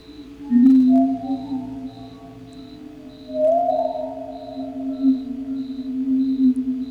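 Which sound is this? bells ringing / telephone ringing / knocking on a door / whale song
whale song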